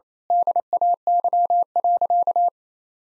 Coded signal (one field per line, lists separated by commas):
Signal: Morse code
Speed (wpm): 28 wpm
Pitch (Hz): 700 Hz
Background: none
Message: DAY.